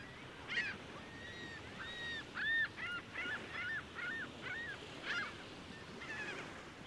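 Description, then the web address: Gulls calling, a run of repeated yelping cries with a few higher squeals, over low background noise. Busy seagulls at Lake Ontario. "Big Room Sound Birds Seagulls Lake Ont Busy"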